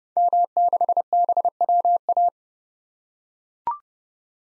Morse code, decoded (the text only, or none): M6BWA